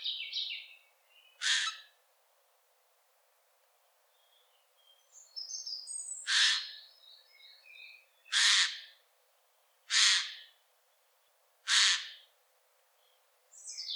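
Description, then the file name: Eurasian jay calling with loud, rasping screeches repeated every few seconds, with brief whistled notes in between. "Garrulus glandarius"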